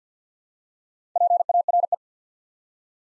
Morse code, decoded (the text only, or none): PARE